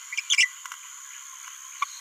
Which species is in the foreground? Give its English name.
Green-rumped Parrotlet